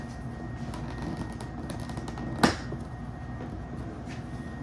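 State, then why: Seated. A carbon fiber mirror cap is pressed onto the factory side mirror housing of a 2021 Bronco until its clips engage the seam. Over a steady low background hum, a single sharp snap sounds at 2.4 s as the cap seats firmly into place.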